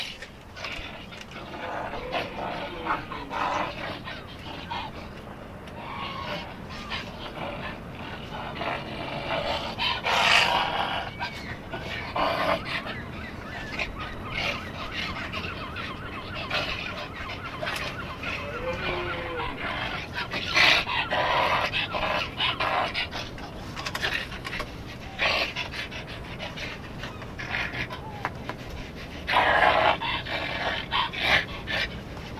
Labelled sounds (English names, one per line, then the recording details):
Wolverine call
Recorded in captivity
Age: adult
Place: Zoo Halle, Sachsen-Anhalt, DE
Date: 1965-10-21 15:00
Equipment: Telefunken Magnetophon 300, Sennheiser MD 421, Transistorverstärker 2
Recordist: Tembrock, Günter